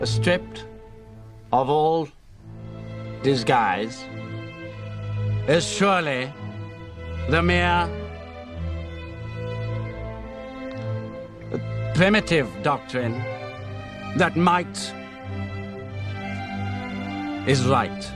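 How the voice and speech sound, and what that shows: A man reads a formal speech slowly, broken by long silent blocks of up to about four seconds and stretched vowels before words. The blocks and prolongations fit stuttering, portrayed by an actor, in a speaker who copes with his stutter with the help of a speech therapist.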